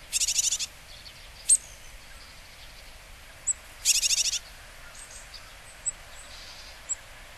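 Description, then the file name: Japanese tit calls: two short bursts of rapid, harsh buzzy notes, with a few sharp high clicks scattered between and after them over faint background hiss. Call; recorded at Kaji, Hyogo, on August 3. "sijuukara 6 0803 hyogo kaji"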